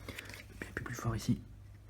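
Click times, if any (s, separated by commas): none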